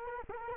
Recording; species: mosquito wingbeat signal from an infrared sensor; Culex quinquefasciatus